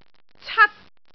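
Cat giving a single short meow, a harmonic call lasting about half a second, with nothing else heard around it.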